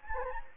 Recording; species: mosquito wingbeat signal from an infrared sensor; Anopheles gambiae